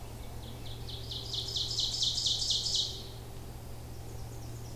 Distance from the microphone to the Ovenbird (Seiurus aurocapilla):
about 30 m